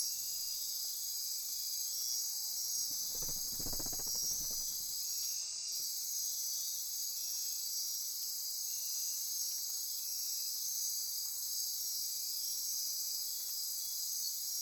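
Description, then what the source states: Insect chorus, steady high-pitched trilling from many callers, briefly joined by a low rumbling noise early on. Insect chorus recorded at midnight near Corcovado.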